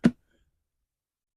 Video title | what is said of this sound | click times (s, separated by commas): Craftsman pressure washer wont start | It'll kind of pop into place. It can't go anywhere. | 0.0 s